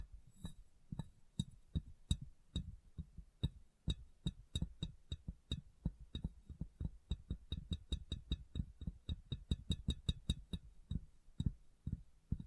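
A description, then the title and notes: Tapping and light knocking on a glass object, dull low thuds with a faint bright click on top of each. The taps come fast and uneven, in quick clusters through the whole twelve seconds, some softer, some sharper, over a quiet hiss. ASMR Glass Brain Tapping & Cleaning (No Talking).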